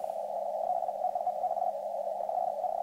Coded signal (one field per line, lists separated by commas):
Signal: Hellschreiber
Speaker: squeaky little you know, sound coming out. This is what Hell Shriber sounds like. It's just a very weak signal.